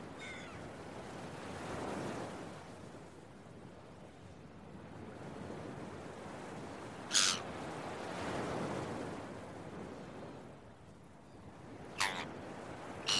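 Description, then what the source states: Gull calls, a few short harsh squawks spaced several seconds apart over a steady wash of breaking waves. Gulls early in the morning at the beach, with waves.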